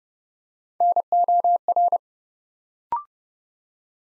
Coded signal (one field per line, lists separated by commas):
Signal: Morse code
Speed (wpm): 30 wpm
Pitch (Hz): 700 Hz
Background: none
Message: NOR